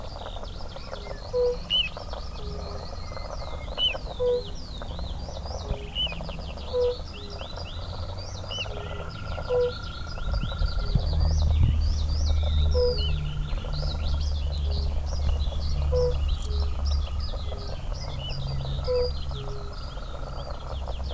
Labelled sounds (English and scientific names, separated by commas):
Fire-Bellied Toad (Bombina bombina) call